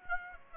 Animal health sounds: mosquito wingbeat signal from an infrared sensor; Aedes aegypti

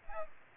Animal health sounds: mosquito wingbeat signal from an infrared sensor; Aedes aegypti

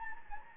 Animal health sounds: mosquito wingbeat signal from an infrared sensor; Anopheles gambiae

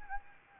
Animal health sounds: mosquito wingbeat signal from an infrared sensor; Anopheles gambiae

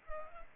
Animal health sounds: mosquito wingbeat signal from an infrared sensor; Culex pipiens

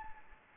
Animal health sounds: mosquito wingbeat signal from an infrared sensor; Anopheles gambiae

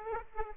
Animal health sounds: mosquito wingbeat signal from an infrared sensor; Aedes aegypti

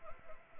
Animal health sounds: mosquito wingbeat signal from an infrared sensor; Anopheles arabiensis

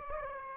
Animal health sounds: mosquito wingbeat signal from an infrared sensor; Aedes aegypti

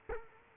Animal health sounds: mosquito wingbeat signal from an infrared sensor; Culex quinquefasciatus

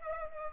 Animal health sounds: mosquito wingbeat signal from an infrared sensor; Culex pipiens

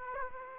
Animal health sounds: mosquito wingbeat signal from an infrared sensor; Aedes aegypti

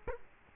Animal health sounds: mosquito wingbeat signal from an infrared sensor; Culex quinquefasciatus

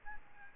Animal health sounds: mosquito wingbeat signal from an infrared sensor; Aedes albopictus

